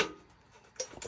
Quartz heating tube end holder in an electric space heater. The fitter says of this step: you'll hear a click